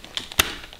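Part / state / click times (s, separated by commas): front wheel assembly into stroller frame leg / seated / 0.4 s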